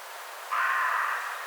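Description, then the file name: Carrion crow uttering a single long, hoarse caw that starts abruptly and tails off over about a second. "Corvus corone"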